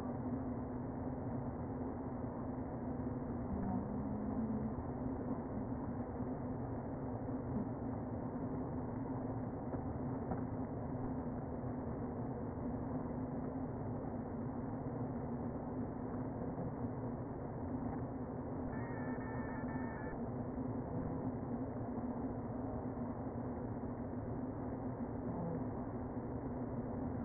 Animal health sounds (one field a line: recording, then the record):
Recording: honeybee colony, microphone inside the hive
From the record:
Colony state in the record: queen present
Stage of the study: before two queens were removed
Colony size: about 60,000 bees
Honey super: yes